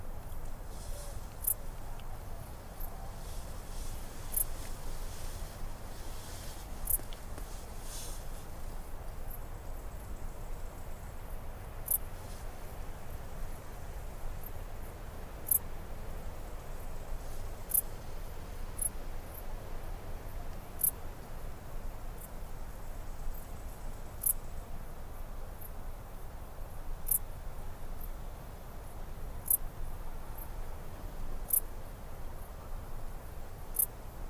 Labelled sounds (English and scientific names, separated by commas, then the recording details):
Dark Bush-cricket (Pholidoptera griseoaptera) stridulation
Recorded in the wild
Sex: male
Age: imago
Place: Kloster, Insel Hiddensee, Mecklenburg-Vorpommern, DE
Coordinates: 54.5911, 13.1075
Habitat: meadow
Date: 2008-09-09 16:08
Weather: bedeckt, 20°C, schwacher Wind
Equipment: Sound Devices 702, Sennheiser MKH 70, Windkorb
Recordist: Frommolt, Karl-Heinz